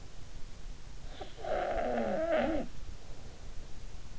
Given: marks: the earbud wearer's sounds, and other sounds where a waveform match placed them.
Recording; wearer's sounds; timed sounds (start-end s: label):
sounds in sleep by an in-ear microphone; snoring breath
1.07-3.90 s: snoring breath